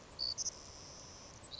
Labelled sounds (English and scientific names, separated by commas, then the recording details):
Savannah Sparrow (Passerculus sandwichensis)
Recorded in Sonoma County, California